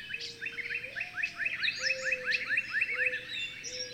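Bird song: rapid series of short, sharp chirps, with low whistled tones underneath and light background noise.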